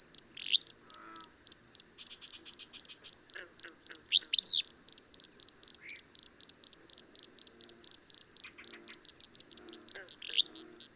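Bird song: a brief chirp early, a louder double phrase near the middle, and a final chirp, set against a steady insect-like high tone.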